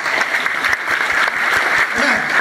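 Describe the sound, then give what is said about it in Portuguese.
A church audience at Lagoinha Niterói applauds the Lord steadily, a dense continuous patter of many hands clapping at an even, sustained loudness with no voices standing out. “Aplaudir ao Senhor por”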